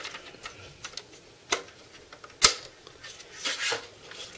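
A 3.5-inch hard drive is pushed slowly into a trayless SATA backplane bay of an Icy Dock FlexCage MB973SP-B/MB974SP-B hot-swap drive cage, and the door is latched shut. Three clicks are heard at 1.0, 1.5 and 2.5 s, the last being the sharpest, followed by softer handling noise around 3.5 to 3.7 s. The drive goes in, locks and is fully secured in the bay.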